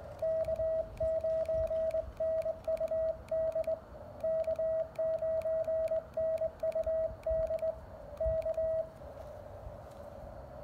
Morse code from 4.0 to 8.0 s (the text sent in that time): K9NUD